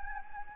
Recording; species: mosquito wingbeat signal from an infrared sensor; Anopheles gambiae